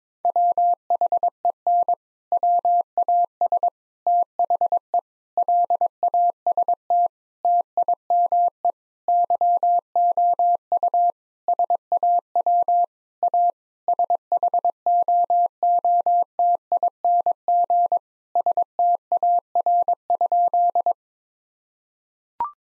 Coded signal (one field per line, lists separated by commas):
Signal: Morse code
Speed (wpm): 22 wpm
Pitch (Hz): 700 Hz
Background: none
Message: WHEN WAS THE LAST TIME YOU SAW A SHOOTING STAR?